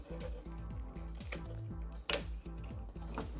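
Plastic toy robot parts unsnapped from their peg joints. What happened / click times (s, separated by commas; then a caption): Small plastic parts unsnapped from their pegs / 1.3 s, 2.1 s, 3.2 s. Several small plastic parts pegged into place on a Grimlock action figure are unsnapped from their peg joints before the toy robot is transformed, with music playing in the background. Sharp, short plastic snaps are heard at about 1.3, 2.1 and 3.2 seconds as the parts release.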